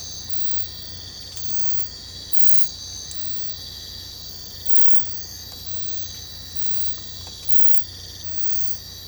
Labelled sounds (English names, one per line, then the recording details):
none
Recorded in secondary vegetation near Puerto Asís, Putumayo, Colombia, on 22 December 2024 at 03:00
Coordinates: 0.499, -76.323
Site G010